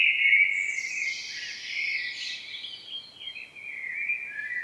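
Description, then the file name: Common blackbird singing a continuous flowing warble, mellow mid-pitched notes mixed with high scratchy twitters throughout. "Turdus merula"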